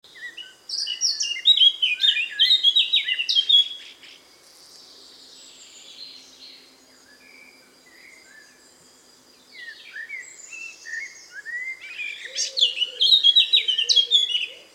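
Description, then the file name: Eurasian blackcap warbling in two bursts of quick, chattering and fluty notes, the first in the opening four seconds and the second near the end, with a quiet gap between. "Sylvia atricapilla"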